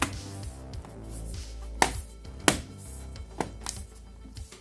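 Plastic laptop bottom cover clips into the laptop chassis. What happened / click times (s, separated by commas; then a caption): The cover's edge clips snapped into place / 1.8 s, 2.5 s. The remaining plastic back plate of a Lenovo Legion Y520 laptop is pressed against the laptop chassis so its perimeter clips snap into place, over steady background music. Sharp snaps at 1.8 s and 2.5 s mark the clips seating, with smaller taps around them. The back plate is seated.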